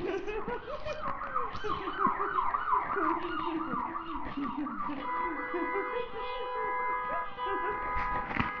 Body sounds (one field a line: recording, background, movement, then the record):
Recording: laughter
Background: traffic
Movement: walking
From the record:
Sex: female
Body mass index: 36.4 kg/m2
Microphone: on the chest, facing the body